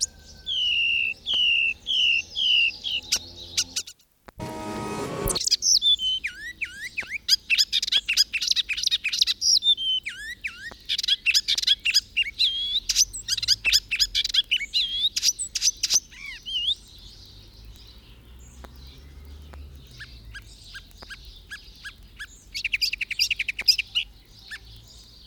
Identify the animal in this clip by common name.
Icterine Warbler